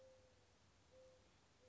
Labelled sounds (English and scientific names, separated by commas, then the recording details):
Mourning Dove (Zenaida macroura)
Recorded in Sonoma County, California